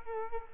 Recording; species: mosquito wingbeat signal from an infrared sensor; Culex quinquefasciatus